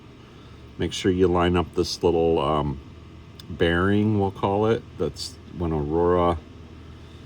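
Someone talks while lining up a small bearing on an AFX slot car so the part can be pressed into the plastic chassis. The speech runs over a faint steady background hum, and the part has not yet snapped into place; nothing has seated or clicked by the end of the clip.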